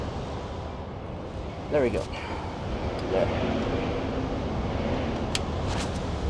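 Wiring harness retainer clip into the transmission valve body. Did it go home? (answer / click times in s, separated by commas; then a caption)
yes / 5.4 s. A plastic retainer clip that holds the wiring harness and solenoids is pushed into its hole in the transmission valve body, where it clicks and seats at 5.3 seconds. The click is sharp and brief over a steady low background hum while someone talks.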